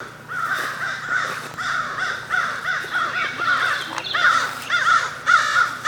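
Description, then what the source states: American crow caws, several birds calling over one another in harsh, repeated bursts with uneven spacing throughout. Three to four American crows, at least three seen; small open grassy field between fields 1 and 2, Greenbrier Unit, Duck Creek Conservation Area.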